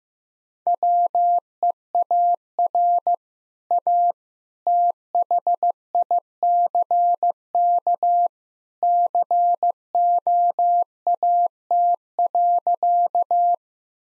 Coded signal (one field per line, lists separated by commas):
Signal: Morse code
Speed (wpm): 15 wpm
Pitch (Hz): 700 Hz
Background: none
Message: WEAR A THICK COAT.